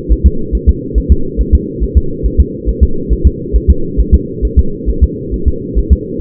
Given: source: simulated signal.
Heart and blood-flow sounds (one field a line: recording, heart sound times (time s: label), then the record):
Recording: fetal heart sounds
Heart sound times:
0.12 s: S1
0.27 s: S2
0.55 s: S1
0.69 s: S2
0.98 s: S1
1.12 s: S2
1.41 s: S1
1.55 s: S2
1.83 s: S1
1.98 s: S2
2.26 s: S1
2.40 s: S2
2.69 s: S1
2.83 s: S2
3.13 s: S1
3.27 s: S2
3.56 s: S1
3.70 s: S2
4.00 s: S1
4.14 s: S2
4.45 s: S1
4.59 s: S2
4.90 s: S1
5.04 s: S2
5.34 s: S1
5.48 s: S2
5.79 s: S1
5.93 s: S2
From the record:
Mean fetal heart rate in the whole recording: 140 bpm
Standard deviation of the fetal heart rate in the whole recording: 2 bpm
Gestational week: 34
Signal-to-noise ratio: -8.1 dB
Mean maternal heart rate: 72 bpm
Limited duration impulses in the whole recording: present